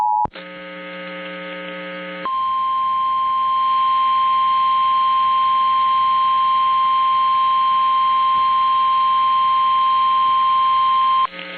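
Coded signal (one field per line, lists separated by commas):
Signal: Emergency Alert System (SAME) tones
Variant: 853 and 960 Hz attention tone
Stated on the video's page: Emergency Alert System alerts.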